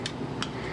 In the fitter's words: When that's seated in there, it's clipped